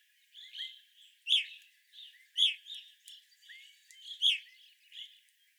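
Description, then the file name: Evening grosbeak calls: loud, slurred chirps from several birds calling irregularly, with softer overlapping chirps between the stronger notes. Several evening grosbeaks, recorded 25 April 2021. "2021-04-25 Evening Grosbeaks"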